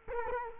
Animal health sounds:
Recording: mosquito wingbeat signal from an infrared sensor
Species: Culex quinquefasciatus

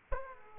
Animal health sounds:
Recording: mosquito wingbeat signal from an infrared sensor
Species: Aedes aegypti

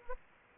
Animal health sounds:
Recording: mosquito wingbeat signal from an infrared sensor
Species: Anopheles arabiensis

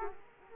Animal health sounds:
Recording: mosquito wingbeat signal from an infrared sensor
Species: Culex quinquefasciatus

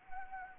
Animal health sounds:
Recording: mosquito wingbeat signal from an infrared sensor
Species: Anopheles arabiensis

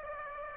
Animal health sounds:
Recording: mosquito wingbeat signal from an infrared sensor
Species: Aedes aegypti

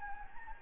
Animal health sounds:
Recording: mosquito wingbeat signal from an infrared sensor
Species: Anopheles gambiae

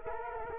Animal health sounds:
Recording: mosquito wingbeat signal from an infrared sensor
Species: Culex quinquefasciatus

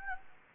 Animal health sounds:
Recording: mosquito wingbeat signal from an infrared sensor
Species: Anopheles gambiae

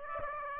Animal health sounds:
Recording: mosquito wingbeat signal from an infrared sensor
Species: Aedes aegypti

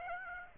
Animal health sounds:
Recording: mosquito wingbeat signal from an infrared sensor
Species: Aedes aegypti

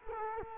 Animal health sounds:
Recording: mosquito wingbeat signal from an infrared sensor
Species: Culex quinquefasciatus

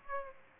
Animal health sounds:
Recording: mosquito wingbeat signal from an infrared sensor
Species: Aedes aegypti

